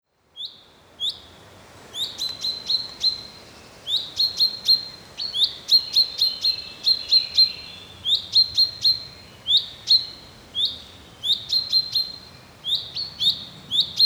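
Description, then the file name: Common chaffinch repeating sharp, sparkling 'pink' calls in irregular clusters through the stretch, with a steady high faint tone behind. "Fringilla coelebs"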